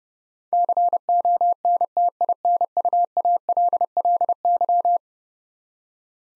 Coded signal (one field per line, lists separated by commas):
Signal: Morse code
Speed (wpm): 32 wpm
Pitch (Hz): 700 Hz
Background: none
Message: CONTINUALLY